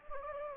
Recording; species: mosquito wingbeat signal from an infrared sensor; Anopheles gambiae